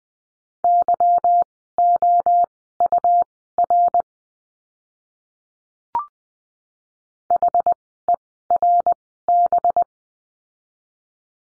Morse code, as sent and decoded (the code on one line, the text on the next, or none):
-.-- --- ..- .-. / .... . .-. -...
YOUR HERB